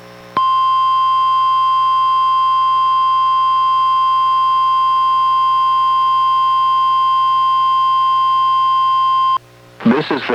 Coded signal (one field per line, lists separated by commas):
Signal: Emergency Alert System (SAME) tones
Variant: 1050 Hz attention tone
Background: speech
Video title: EAS #945: NWR Required Weekly Test- July 3, 2024- 11:02AM PDT